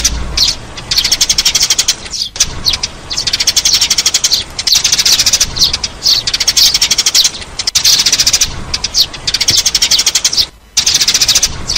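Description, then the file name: Sparrow giving dense, rapid high-pitched chirps in long runs, with a few brief silent breaks. "Tieng se"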